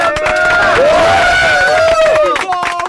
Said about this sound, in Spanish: recibimos con un mega archi recontra remil fuerte aplauso